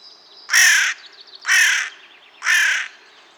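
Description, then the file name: Carrion crow giving three harsh, hoarse caws about one second apart, each rasping and slightly falling, with a quiet background. "Corvus corone"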